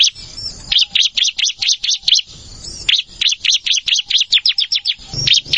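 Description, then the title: Plain prinia singing rapid repeated high chirps, several quick runs of thin buzzy notes separated by short gaps. "Ciblek Sawah"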